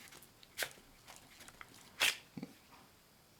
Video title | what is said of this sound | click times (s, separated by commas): Cold Steel Recon Tanto Knife Unboxing | kind of hear a click and there's just no click it's just like oh there it is | none